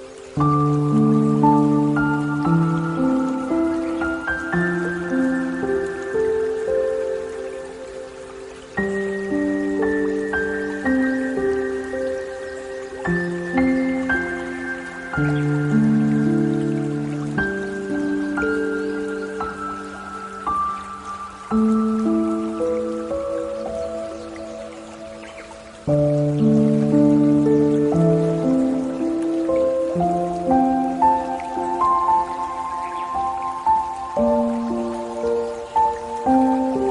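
Gentle healing music plays with slow, sustained tones that step up through mellow chords, changing every few seconds and briefly resetting around 9, 15 and 26 seconds. The level stays soft and even, with a faint trickling water hiss underneath.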